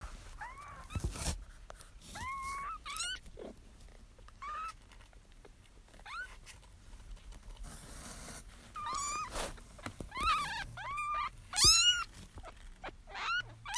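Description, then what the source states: Kittens mewing: thin, high meows that rise then fall, repeated irregularly, with several close together near the end, over soft rustling and occasional thumps. Kittens, more than one animal.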